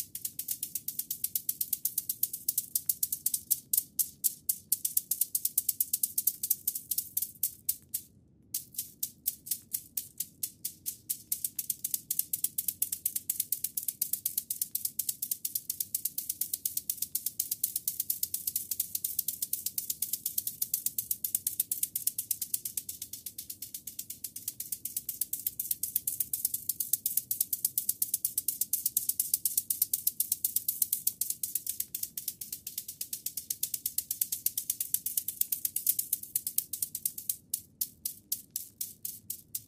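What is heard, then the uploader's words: Rapid, dense clicking of wooden bamboo massage tools runs almost continuously, bright, with a brief pause near eight seconds. ASMR Bamboo massage by Olga. Asmr Wood Japanese therapy. Asmr no Talking with tingles. Wood Japanese massage.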